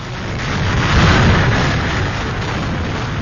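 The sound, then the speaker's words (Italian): A loud, continuous roar of Hurricane Irma's storm wind and heavy rain striking the south-west of the American continent, a dense rushing hiss with deep buffeting rumbles that swell around the middle and then hold steady. No voices. “In questi suoni potete sentire, per quanto non riusciamo a farvela percepire per radio, evidentemente, la violenza dei venti e delle piogge che stanno investendo il sud-ovest del continente americano.”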